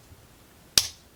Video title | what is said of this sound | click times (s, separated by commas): ROKR Marble Travel London: Pages 18-22 | Those guys snap in place. | 0.8 s